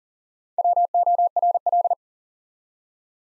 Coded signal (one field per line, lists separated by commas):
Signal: Morse code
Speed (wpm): 41 wpm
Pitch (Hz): 700 Hz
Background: none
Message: WORL